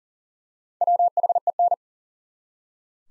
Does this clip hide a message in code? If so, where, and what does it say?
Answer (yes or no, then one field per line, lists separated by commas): yes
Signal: Morse code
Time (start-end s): 0.8-1.7 s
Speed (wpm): 40 wpm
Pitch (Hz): 700 Hz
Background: none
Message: WHEN